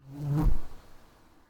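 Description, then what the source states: Fly buzzing: a low droning hum swells for half a second, peaks in a soft thump, then fades into quiet. Fly landing on a microphone.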